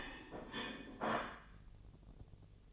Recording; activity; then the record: daily activity, microphone in the room; place plate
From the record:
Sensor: 4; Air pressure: 1010.2 hPa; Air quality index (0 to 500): 181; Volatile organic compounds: 5 ppm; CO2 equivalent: 1835 ppm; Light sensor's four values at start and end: 31/93/36/36 and 31/92/36/36